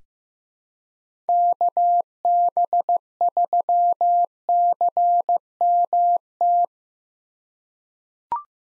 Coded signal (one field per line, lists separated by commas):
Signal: Morse code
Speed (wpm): 15 wpm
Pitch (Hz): 700 Hz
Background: none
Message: KB3CMT